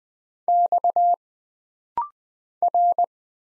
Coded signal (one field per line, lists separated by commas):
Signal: Morse code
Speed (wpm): 20 wpm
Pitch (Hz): 700 Hz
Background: none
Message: X R